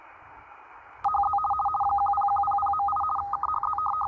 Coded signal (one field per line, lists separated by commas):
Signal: RTTY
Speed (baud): 50 baud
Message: HZ 10100.8 KHZ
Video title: malachite sdr vs xhdata d-808 on wire antenna out walking.